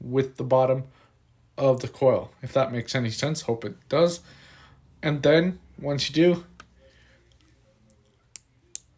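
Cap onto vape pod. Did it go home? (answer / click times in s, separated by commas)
yes / 8.8 s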